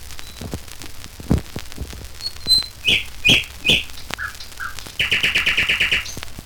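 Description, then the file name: Nightingale song with thin pure whistles and a few loud rich notes, ending in a fast, even, buzzing trill, with low background hum. "Solovei s natury"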